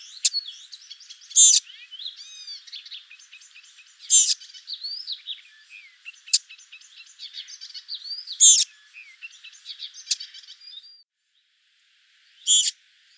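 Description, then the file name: Eurasian blackcap tack calls, sharp dry clicks at intervals, set against a busy run of varied warbling and chirping notes. "Sylvia atricapilla"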